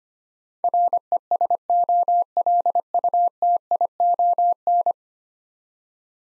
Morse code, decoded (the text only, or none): RESOLUTION